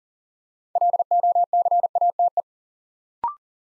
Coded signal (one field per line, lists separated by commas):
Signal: Morse code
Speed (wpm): 38 wpm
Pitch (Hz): 700 Hz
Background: none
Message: LOCATE